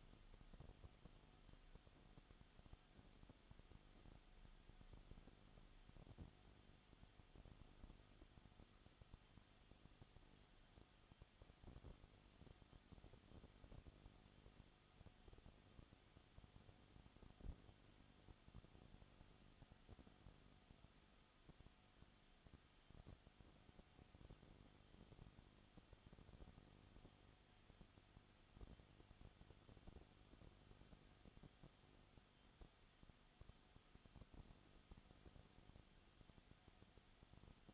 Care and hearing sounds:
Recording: daily activity, microphone in the room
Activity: no activity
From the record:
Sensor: 4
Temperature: 22.7 degrees Celsius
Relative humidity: 31.7%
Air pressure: 995.4 hPa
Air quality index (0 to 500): 158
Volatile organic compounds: 2 ppm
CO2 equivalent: 1256 ppm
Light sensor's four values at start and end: 2/3/1/1 and 2/3/1/1

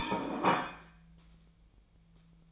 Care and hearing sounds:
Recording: daily activity, microphone in the room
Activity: place plate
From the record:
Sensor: 1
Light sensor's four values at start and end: 29/75/31/37 and 29/75/31/37

